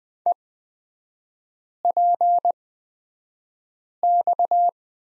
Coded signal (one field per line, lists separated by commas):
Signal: Morse code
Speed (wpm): 20 wpm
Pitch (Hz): 700 Hz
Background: none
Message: EPX